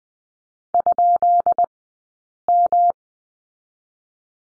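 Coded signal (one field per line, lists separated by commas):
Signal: Morse code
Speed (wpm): 20 wpm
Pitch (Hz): 700 Hz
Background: none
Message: ?M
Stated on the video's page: Morse course lesson on the number 7 at Farnsworth speed 20/10 wpm.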